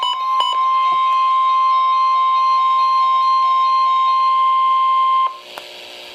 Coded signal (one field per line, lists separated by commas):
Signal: Emergency Alert System (SAME) tones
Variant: 1050 Hz attention tone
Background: music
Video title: Areal Flood Warning (EAS #1,007)